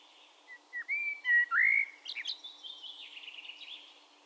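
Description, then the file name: Eurasian blackbird with several clear, slurred whistles followed by a softer, rapid high twitter, against steady background noise. "Turdus merula"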